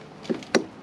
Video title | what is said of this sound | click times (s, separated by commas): How To Use The Meaner Bean (Tips for Desert Camping) | just like that did you hear that audible click that's when you know it's in | 0.5 s